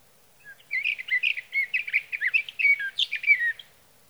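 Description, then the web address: Sage thrasher song, a fast jumble of chirps and slurred whistles lasting about three seconds. "birdsongforthecurious Sage Thrasher"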